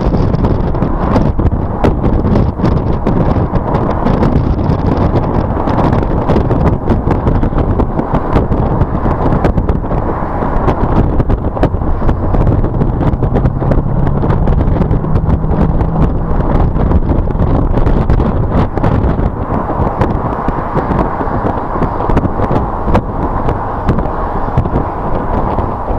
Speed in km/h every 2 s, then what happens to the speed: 66, 63, 58, 58, 44, 48, 56, 68, 76, 69, 68, 68, 66.
0-7 slows to 44. 7-16 speeds up to 76. 16-19 slows to 68. 19-26 steady at about 68.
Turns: 5-13.